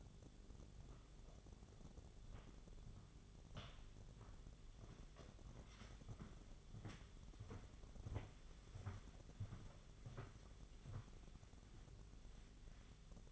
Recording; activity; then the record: daily activity, microphone in the room; walk to room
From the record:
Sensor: 4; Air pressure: 1000.8 hPa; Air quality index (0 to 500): 117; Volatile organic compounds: 1 ppm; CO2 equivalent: 889 ppm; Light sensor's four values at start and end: 85/210/90/96 and 72/176/76/81